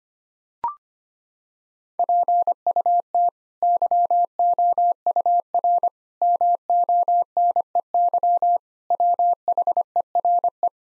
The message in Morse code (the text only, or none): PUT YOUR MONEY WHERE